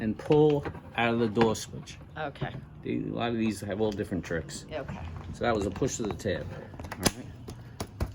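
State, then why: Seated. Someone talks while working on the interior door panel of a 2002 Ford Escape XLT, where the power window switch popped loose as the door trim was being removed. Sharp clicks are heard as the switch is pressed back into its opening in the plastic door panel, with the click at 7.8 seconds. The switch seats back in the panel.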